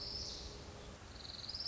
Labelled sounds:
Orange-crowned Warbler (Leiothlypis celata)
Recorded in Sonoma County, California

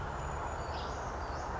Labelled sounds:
Brown Creeper (Certhia americana)
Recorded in Sonoma County, California

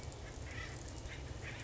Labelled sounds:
Acorn Woodpecker (Melanerpes formicivorus)
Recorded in Sonoma County, California

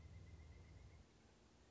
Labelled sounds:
Pileated Woodpecker (Dryocopus pileatus)
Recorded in Sonoma County, California

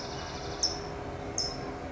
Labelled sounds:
California Towhee (Melozone crissalis)
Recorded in Sonoma County, California

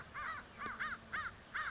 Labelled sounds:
American Crow (Corvus brachyrhynchos)
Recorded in Sonoma County, California

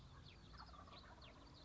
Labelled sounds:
Wild Turkey (Meleagris gallopavo)
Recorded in Sonoma County, California

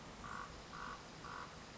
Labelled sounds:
Common Raven (Corvus corax)
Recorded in Sonoma County, California

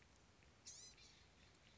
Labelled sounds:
Blue-gray Gnatcatcher (Polioptila caerulea)
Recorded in Sonoma County, California

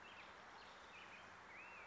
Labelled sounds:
Black-headed Grosbeak (Pheucticus melanocephalus)
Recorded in Sonoma County, California

